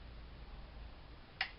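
A locking tab at the back of a plastic ignition coil plug connector on a 2014 Honda CR-V is pressed down to unplug it from the ignition coil. A faint, brief snap at 1.4 seconds rises above a low, steady background. The connector unlatches and is released.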